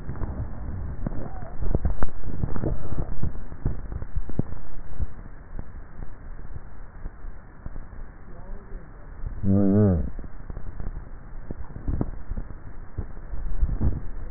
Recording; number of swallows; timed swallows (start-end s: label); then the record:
swallowing sounds by neck microphone; 1
1.75-2.78 s: swallow
From the record:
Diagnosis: dysphagia